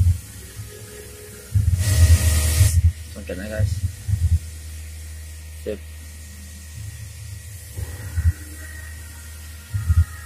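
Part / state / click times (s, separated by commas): airbag connector into airbag module socket / not seated / none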